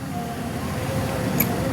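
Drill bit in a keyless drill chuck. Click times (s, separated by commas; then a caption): 1.4 s. A drill bit is inserted into the keyless chuck of a Dong Cheng drill, and the chuck sleeve is turned by hand until it locks, over a steady low hum. A single sharp click is heard at 1.4 s as the chuck locks onto the bit.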